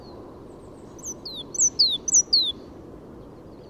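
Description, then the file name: Great tit singing a brief burst of paired notes, a sharp high note then a downslurred whistle, repeated about three times after a quiet start. "Parus major"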